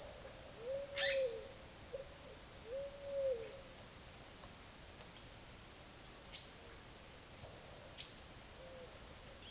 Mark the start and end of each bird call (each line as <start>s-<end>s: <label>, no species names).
0.00s-3.84s: bird call
5.78s-6.42s: bird call
7.96s-8.14s: bird call
8.50s-8.89s: bird call